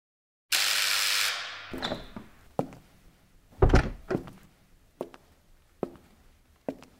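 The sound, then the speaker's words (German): A door opens with a long, hissing sweep, followed by a dull thump and a string of steady, evenly spaced footsteps in a dentist's waiting room, with no one speaking. “Sie sitzen beim Zahnarzt im Wartezimmer und hören, wie sich eine Frau und ein Mädchen über einen Kleidungskauf unterhalten.”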